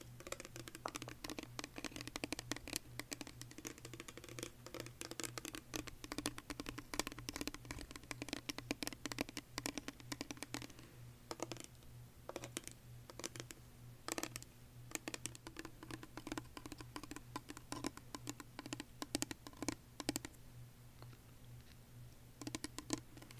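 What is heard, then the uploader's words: ASMR tapping: quick, crisp taps in dense, irregular bursts that sound much like typing on a keyboard, continuing for almost the whole clip. The taps thin out briefly around the twenty-second mark, and a steady low hum runs underneath throughout. ASMR Tapping For Sleep (No Talking).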